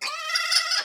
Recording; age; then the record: pig call; piglet (1 to 25 days)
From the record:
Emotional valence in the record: negative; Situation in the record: restrain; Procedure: in the arms of a person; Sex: male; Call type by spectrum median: high-frequency call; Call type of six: mixed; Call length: 0.85 s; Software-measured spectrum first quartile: 1976 Hz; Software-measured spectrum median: 3976 Hz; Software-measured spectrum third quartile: 5264 Hz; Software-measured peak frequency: 4919 Hz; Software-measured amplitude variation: 154 dB a second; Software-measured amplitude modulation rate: 21.8 a second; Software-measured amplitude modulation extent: 7.0 dB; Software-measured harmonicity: 5.4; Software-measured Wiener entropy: -2.43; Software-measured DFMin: 649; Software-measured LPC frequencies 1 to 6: 1361, 1993, 2724, 3437, 4494, 4960 Hz